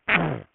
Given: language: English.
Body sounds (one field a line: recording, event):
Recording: throat vibration sensor signal played as sound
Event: throat clearing